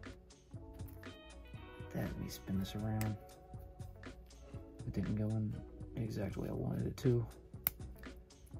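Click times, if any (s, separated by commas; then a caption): 7.7 s. A plastic piece is pushed into a Bruder Toys bWorld Health Station 1:18 scale hospital playset while someone talks over background music, after a first try that didn't go in the way it was wanted. After some handling sounds, a loud, sharp click at 7.7 s marks the piece seating in place.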